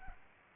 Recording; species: mosquito wingbeat signal from an infrared sensor; Aedes albopictus